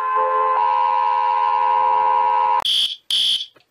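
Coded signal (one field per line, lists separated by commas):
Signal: Emergency Alert System (SAME) tones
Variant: 853 and 960 Hz attention tone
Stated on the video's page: EAS alarm tones in an animated series, simulated.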